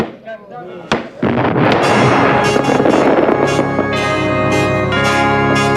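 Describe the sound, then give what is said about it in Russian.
Fireworks launch into the sky with a couple of sharp bangs, then a dense, loud crackling roar that keeps going, mixed with steady ringing tones and a murmur of voices. “На фоне взлетающих в небо фейерверков возвышается фигура царя Петра.”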